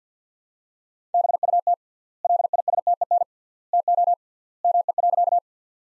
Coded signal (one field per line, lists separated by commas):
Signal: Morse code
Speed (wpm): 50 wpm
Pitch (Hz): 700 Hz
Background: none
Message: BUT LISTEN TO ME.